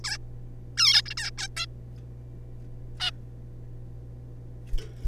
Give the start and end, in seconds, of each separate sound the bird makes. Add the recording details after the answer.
0.04-0.18, 0.77-1.02, 1.06-1.14, 1.17-1.30, 1.38-1.47, 1.57-1.66, 3.00-3.11. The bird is a juvenile. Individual R3549